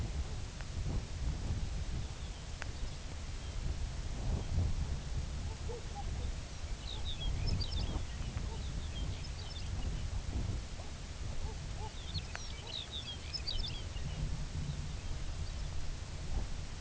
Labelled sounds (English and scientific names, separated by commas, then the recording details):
unidentified sound, Lapland Longspur (Calcarius lapponicus)
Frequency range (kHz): Lapland Longspur (Calcarius lapponicus) 1.6-6.7 kHz
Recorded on Arctic tundra, site UTQI-2, on 15 June 2019
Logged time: 22:00